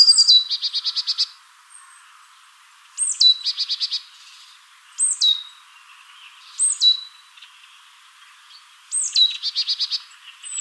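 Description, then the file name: Marsh tit calls: a sharp, high, down-slurred note, sometimes followed by a fast buzzy run of repeated notes. The note comes five times, about every one to three seconds, and three of them are followed by the run. "Poecile palustris"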